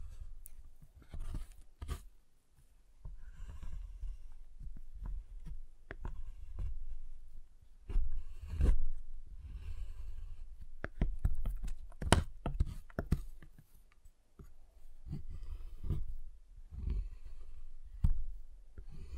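Tapping, cutting and snapping on a giant chocolate bar, heard as a steady run of sharp, dry clicks and knocks with a low thump under many of them. The hits come irregularly, several per second, with louder cracks near 9 and 12 seconds.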